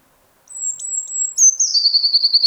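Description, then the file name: Eurasian blue tit song: two or three thin, very high held notes, then a lower, rapid, even trill that runs on to the end. "Cyanistes caeruleus"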